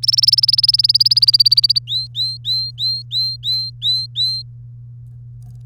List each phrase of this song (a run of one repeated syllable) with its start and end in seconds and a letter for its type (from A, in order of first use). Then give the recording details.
0.02-1.79 A, 1.87-4.42 B. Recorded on 3 May 2018 at 08:26. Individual llb3